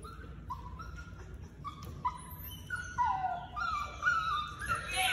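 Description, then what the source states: Dogs whining and whimpering in high, drawn-out tones that overlap, growing louder toward the end, over a low steady rumble. Recorded inside a dog boarding house.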